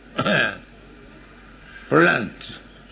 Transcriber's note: children talking